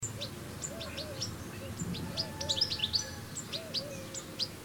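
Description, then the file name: European goldfinch calls: short, high, sharp chirps scattered throughout, with a faint low wavering tone running underneath. "Carduelis carduelis"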